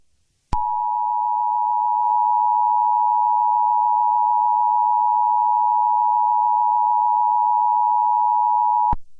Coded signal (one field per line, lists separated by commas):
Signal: Emergency Alert System (SAME) tones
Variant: 853 and 960 Hz attention tone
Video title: Just a Normal Mini EAS Scenario